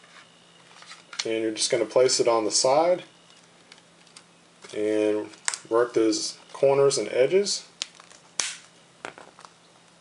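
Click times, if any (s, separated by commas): 7.8 s, 8.4 s, 9.0 s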